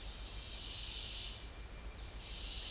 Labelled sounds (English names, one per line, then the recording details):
none
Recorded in dense forest near Puerto Asís, Putumayo, Colombia, on 26 December 2024 at 10:00
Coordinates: 0.485, -76.318
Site GP03